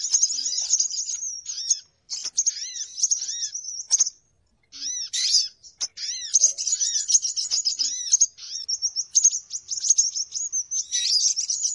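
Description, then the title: Birds chirping, high twittering interrupted by a few short silences, with curved whistled calls repeated among the chatter. Lure sound played to attract birds; title says many noisy birds gather close as soon as it is played. "Baru Diputar Dah Banyak Merapat! Suara Pikat Burung Ribut"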